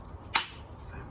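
A plastic retaining clip is pushed back into its mounting at the rear of a part during a heater hose replacement on a 2008 Ford Focus 2.0. A single sharp, bright snap is heard at 0.4 s (0.36 s), fading quickly into a low background hum. The clip is seated.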